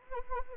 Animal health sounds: mosquito wingbeat signal from an infrared sensor; Anopheles arabiensis

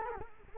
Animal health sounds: mosquito wingbeat signal from an infrared sensor; Culex quinquefasciatus

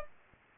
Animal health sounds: mosquito wingbeat signal from an infrared sensor; Anopheles gambiae

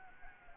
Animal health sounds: mosquito wingbeat signal from an infrared sensor; Anopheles arabiensis

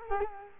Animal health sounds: mosquito wingbeat signal from an infrared sensor; Culex quinquefasciatus

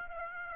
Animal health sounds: mosquito wingbeat signal from an infrared sensor; Aedes aegypti

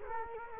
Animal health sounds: mosquito wingbeat signal from an infrared sensor; Culex quinquefasciatus

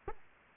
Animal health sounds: mosquito wingbeat signal from an infrared sensor; Aedes aegypti

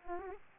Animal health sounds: mosquito wingbeat signal from an infrared sensor; Aedes aegypti

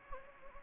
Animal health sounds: mosquito wingbeat signal from an infrared sensor; Anopheles gambiae

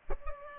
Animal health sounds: mosquito wingbeat signal from an infrared sensor; Culex pipiens

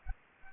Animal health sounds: mosquito wingbeat signal from an infrared sensor; Aedes aegypti

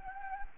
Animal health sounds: mosquito wingbeat signal from an infrared sensor; Anopheles gambiae

